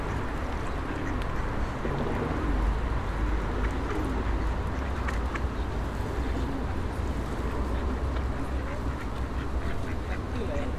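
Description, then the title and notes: Duck quacks, short and scattered, over loud rumbling road traffic. Ducks fed by passers-by on the Old Town Promenade, Stare Miasto, Wrocław, at 16:00, with passing cars and buses; Sony PCM-D50 recorder, Rode NT4 microphone, FEL BMA preamplifier. "Kaczki i gołębie na Promenadzie Staromiejskiej cz.2 Lokalizacja: Stare Miasto Czas: , 16.00. Opis: Kaczki i gołębie karmione przez przechodniów. Odgłosy przejeżdżających samochodów i autobusów. Autor nagrania: Bartosz Grzyb"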